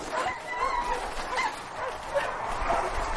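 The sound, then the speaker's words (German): A pack of 54 sled dogs pulling four sleds, setting out across Antarctica in October 1911, barks and whimpers together, a busy overlapping chorus of high yips, whines and woofs filling the whole stretch at a steady, moderate loudness. “Am 20. Oktober 1911 brechen 5 Männer in der Fellbekleidung der Eskimos mit 4 Schlitten und 54 Hunden auf.”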